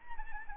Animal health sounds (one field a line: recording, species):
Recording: mosquito wingbeat signal from an infrared sensor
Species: Anopheles arabiensis